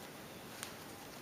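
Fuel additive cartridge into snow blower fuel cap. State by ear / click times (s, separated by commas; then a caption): seated / 0.6 s. A plastic fuel-preserver cartridge is pressed down into the inside of a new snow blower fuel cap. It snaps into place with a single sharp, brief click at 0.6 s over a low, steady background. The cartridge is seated in the cap.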